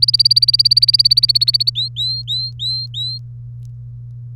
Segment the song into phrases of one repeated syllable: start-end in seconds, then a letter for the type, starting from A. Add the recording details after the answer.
0.00-1.70 A, 1.75-3.18 B. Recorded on 30 April 2018 at 12:27. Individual llb3